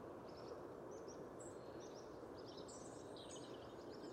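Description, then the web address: European robin song, thin high warbled phrases and short trills scattered throughout, faint over a steady low rumble of background noise. "Deverinetal 2025 File origin Bird Only Er Ru"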